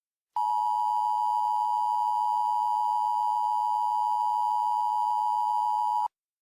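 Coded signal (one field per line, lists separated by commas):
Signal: Emergency Alert System (SAME) tones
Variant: 853 and 960 Hz attention tone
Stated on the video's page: Simulated mock alert with live voice.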